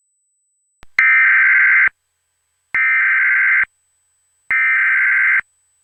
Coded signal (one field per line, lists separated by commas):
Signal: Emergency Alert System (SAME) tones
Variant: header bursts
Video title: EAS Scenario: Angels [Part 3] Ft. Seabass, BirboTheCamel, and Maro-Hell #eas #easscenario